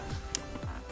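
A plastic retaining clip that was not fully in is pushed home from the bigger hole into the interior door panel of a 2008–2017 Ford Fiesta Mk7, during a rear interior door handle replacement. A single sharp snap is heard at 0.35 s over a low background hum. The clip is seated.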